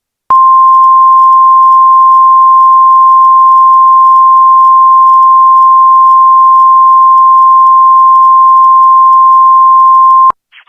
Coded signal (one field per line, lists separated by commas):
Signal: Emergency Alert System (SAME) tones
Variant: 1050 Hz attention tone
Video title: EAS MOCK: grizzco tapes